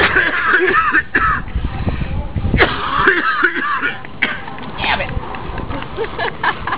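An adult man coughing at a wedding in Nassau, Bahamas.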